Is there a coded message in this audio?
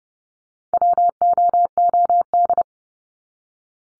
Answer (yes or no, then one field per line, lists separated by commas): yes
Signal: Morse code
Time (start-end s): 0.7-2.6 s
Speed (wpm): 30 wpm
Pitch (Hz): 700 Hz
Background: none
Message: WOOD